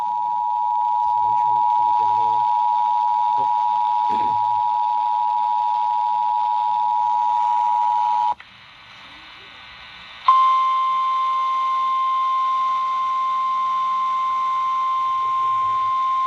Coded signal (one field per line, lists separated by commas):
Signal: Emergency Alert System (SAME) tones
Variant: 853 and 960 Hz attention tone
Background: speech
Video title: River Flood Warning on WVKL-FM (EAS #933)